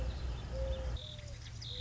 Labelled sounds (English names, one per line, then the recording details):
Mourning Dove
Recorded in Sonoma County, California